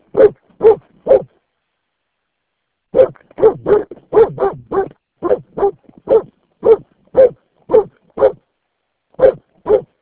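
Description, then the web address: Dog barking: three quick barks, a silent gap of nearly two seconds, then a long uneven volley of sharp barks, some doubled. "Santra koirat"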